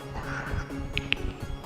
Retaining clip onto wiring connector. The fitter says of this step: we're gonna put our retaining clip back on pop it up and now we're ready to go